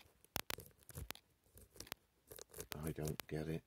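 A microphone jack plug is pushed into a phone's audio socket, with sharp plastic clicks as it is worked, the first at 0.4 s, followed by more. Someone talks. The jack is not fully inserted.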